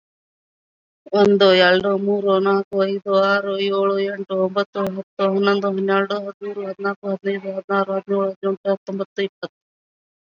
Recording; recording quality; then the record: counting at a fast pace; excellent, no background noise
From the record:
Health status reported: COVID-19 positive, moderate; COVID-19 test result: positive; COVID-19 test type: RT-PCR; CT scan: not taken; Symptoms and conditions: cough, cold, breathing difficulty, sore throat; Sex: female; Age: 51 years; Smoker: no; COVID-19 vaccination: both doses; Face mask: worn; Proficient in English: yes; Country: India